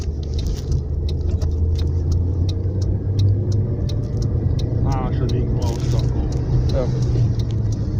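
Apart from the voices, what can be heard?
car driving past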